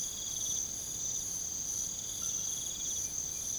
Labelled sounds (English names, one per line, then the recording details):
none
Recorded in pastures near Puerto Asís, Putumayo, Colombia, on 9 March 2025 at 02:30
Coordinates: 0.486, -76.323
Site G075